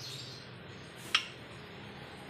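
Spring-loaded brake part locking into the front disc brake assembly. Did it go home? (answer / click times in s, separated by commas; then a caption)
yes / 1.1 s. On a Suzuki Jimny Katana front disc brake job, a spring-loaded brake part with its spring marked is locked into the front disc brake assembly. Against a low steady background, a single short, sharp click sounds at 1.2 s as the part snaps into place. The click shows the part is seated and fitted correctly.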